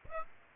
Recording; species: mosquito wingbeat signal from an infrared sensor; Aedes aegypti